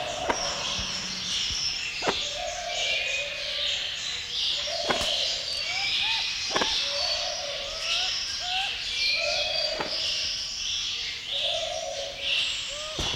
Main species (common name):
Nocturnal Curassow